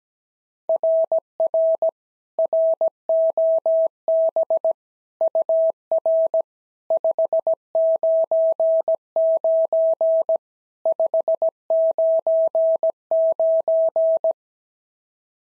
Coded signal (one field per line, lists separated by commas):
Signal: Morse code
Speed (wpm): 16 wpm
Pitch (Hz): 650 Hz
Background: none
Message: RR ROB UR 599 599